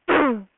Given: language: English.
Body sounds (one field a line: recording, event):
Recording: throat vibration sensor signal played as sound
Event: throat clearing